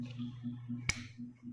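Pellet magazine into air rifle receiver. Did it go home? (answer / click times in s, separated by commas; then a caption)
yes / 0.9 s. A rotary pellet magazine is pushed back into the receiver of a Gamo Replay 10 IGT .22 caliber air rifle as a demonstration, over a steady low hum. It snaps in with a single sharp click at 0.9 s, seating the magazine.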